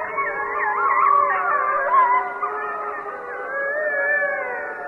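Mexican wolf chorus, several overlapping wavering howls with warbling, shifting pitches sounding together throughout.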